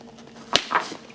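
A J-clip on an upholstery seat cover is pressed onto the edge of the seat frame and snaps on with a sharp, broadband click at 0.6 s. A softer, longer mid-frequency sound follows around 0.8 s. The clip is seated.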